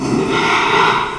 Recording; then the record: squeal of a Yucatan mini pig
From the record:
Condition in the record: after surgery on the right vocal fold (resection and tissue-engineered implant); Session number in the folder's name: 1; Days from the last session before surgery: 6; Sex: male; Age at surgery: 12 weeks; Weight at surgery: 13 kg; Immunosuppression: cyclosporine, prednisolone